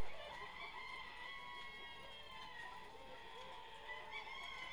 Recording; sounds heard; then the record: poultry house recording; healthy chickens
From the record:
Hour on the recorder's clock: 17